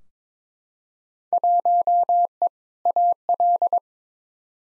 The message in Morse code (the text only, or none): 1E AL